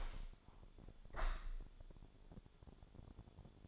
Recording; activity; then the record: daily activity, microphone in the room; open window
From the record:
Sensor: 5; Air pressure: 1000.5 hPa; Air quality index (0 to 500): 153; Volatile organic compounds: 2 ppm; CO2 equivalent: 1173 ppm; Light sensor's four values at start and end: 39/91/38/41 and 39/91/38/41